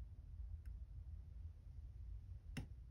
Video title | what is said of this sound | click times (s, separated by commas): 2020 Colt Python Reassembly (Part 2 of 2) | until i hear it click feel it click and then i'm going to start coming back in clockwise and | 2.6 s